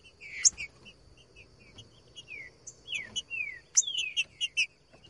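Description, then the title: Trinca-ferro: songbird song: several clear whistled notes sliding downward, mixed with high chips and short twittering notes over a faint steady hum. Recorded in the bush; used to make a trinca-ferro sing and to warm it up (esquentar); song type 'voz 10'. "Canto De Trinca Ferro Voz 10. TRINCA FERRO CANTANDO NO MATO. ESQUENTAR TRINCA FERRO"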